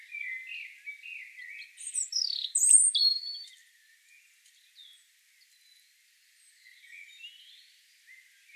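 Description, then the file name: European robin song: thin wavering whistles building into a louder burst of high sliding notes, followed by softer scattered phrases fading out. "Erithacus rubecula"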